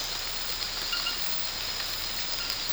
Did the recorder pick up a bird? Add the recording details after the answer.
no. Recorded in pastures near Puerto Asís, Putumayo, Colombia, on 8 March 2025 at 02:30. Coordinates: 0.472, -76.329. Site G074